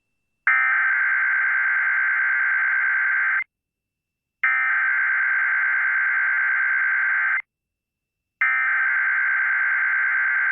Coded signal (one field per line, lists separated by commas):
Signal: Emergency Alert System (SAME) tones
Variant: header bursts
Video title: Child Abduction Emergency on KACV-FM Amarillo (EAS #1236)